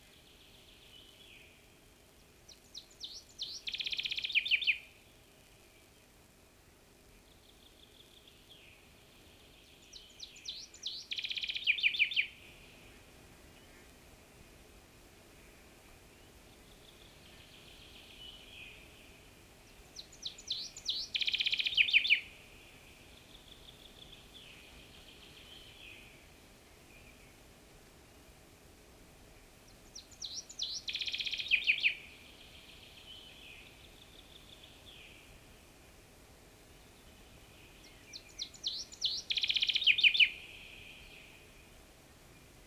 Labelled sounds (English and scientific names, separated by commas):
Common Chaffinch (Fringilla coelebs) song